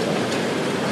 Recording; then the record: background sound without coughing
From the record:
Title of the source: Office Sounds Ambience - Background Noise for Study and Work